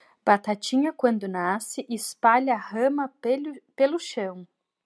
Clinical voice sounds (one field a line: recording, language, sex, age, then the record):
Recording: short text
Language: Brazilian Portuguese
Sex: female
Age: 40 to 49 years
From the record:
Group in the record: control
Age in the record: 41 years